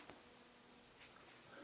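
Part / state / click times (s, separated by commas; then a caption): circlip on engine shaft / not seated / none. A metal circlip is being fitted onto a shaft in the lower engine casing of a Honda CB250RS engine during a rebuild. Against a low, steady background hiss, a faint soft tick is followed later by a brief, sharp, high-pitched metallic tick and some light handling noise. Nothing has seated or clicked home yet.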